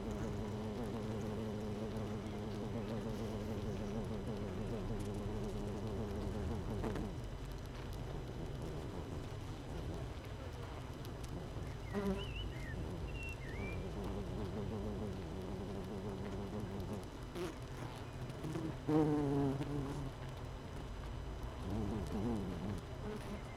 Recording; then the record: honeybee colony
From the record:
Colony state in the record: missing queen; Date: 31 May 2018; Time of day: 7:21